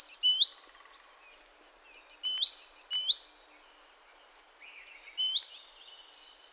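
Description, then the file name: Great tit calling: high, sharp rising chip notes mixed with very high ticking clicks, in short bursts separated by pauses of about one and a half seconds. "Parus major"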